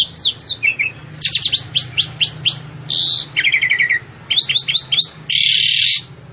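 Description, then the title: Javan pied starling in a lively varied song: rapid series of downslurred whistles, buzzy rattles and a harsh hissing burst near the end, over a faint low hum. Female, described as vocal and persistent. "Burung Jalak Suren Betina Gacor Ngotot"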